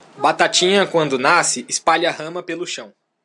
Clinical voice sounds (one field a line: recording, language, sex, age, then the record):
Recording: short text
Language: Brazilian Portuguese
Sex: male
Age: 20 to 29 years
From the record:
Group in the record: control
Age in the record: 27 years